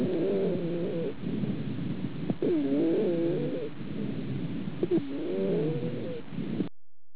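Musical, multi-pitched wheezes with each of three breaths, about 24 a minute, heard over the chest of an adult with asthma.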